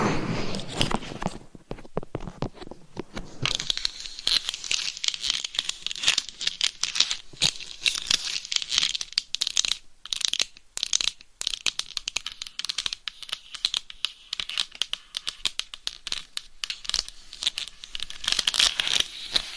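Scratching and tapping on a homemade microphone cover, a dense, bright, crackling rasp like rustling paper that runs almost without pause. A low thump opens the clip, and brief silent gaps break the scratching around ten and eleven seconds before it resumes steadily.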